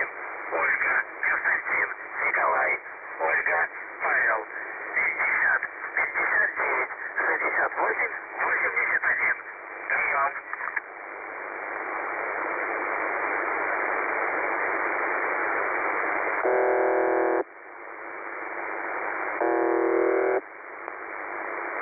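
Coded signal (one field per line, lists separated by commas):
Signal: numbers station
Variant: UVB-76 voice message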